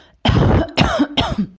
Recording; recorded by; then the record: voluntary cough; messaging app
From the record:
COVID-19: negative